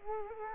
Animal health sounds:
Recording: mosquito wingbeat signal from an infrared sensor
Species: Culex quinquefasciatus

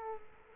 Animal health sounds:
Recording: mosquito wingbeat signal from an infrared sensor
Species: Culex quinquefasciatus

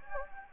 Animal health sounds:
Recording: mosquito wingbeat signal from an infrared sensor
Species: Anopheles gambiae

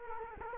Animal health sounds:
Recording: mosquito wingbeat signal from an infrared sensor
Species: Culex quinquefasciatus

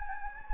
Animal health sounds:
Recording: mosquito wingbeat signal from an infrared sensor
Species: Anopheles gambiae

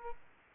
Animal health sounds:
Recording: mosquito wingbeat signal from an infrared sensor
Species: Aedes aegypti

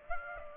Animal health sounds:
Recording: mosquito wingbeat signal from an infrared sensor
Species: Aedes aegypti

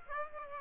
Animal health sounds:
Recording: mosquito wingbeat signal from an infrared sensor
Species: Aedes aegypti

